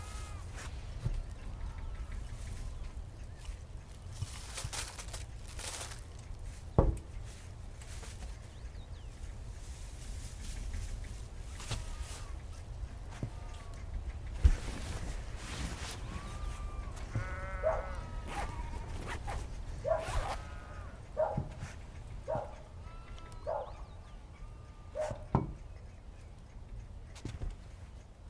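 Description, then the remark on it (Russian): Bursts of crinkling plastic as bread is stuffed into a bag, followed by rustling and scattered knocks as the bag goes into a backpack, with soft chirps and a low hum behind. “Настя, взяв хлеб со стола, кладет его в пакет. Кладет пакет в рюкзак.”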